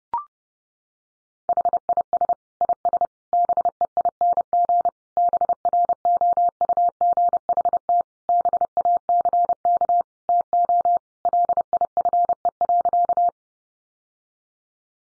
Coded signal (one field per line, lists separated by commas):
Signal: Morse code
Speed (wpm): 30 wpm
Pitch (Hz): 700 Hz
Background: none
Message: HIS IS BEING BROUGHT BACK TO LIFE.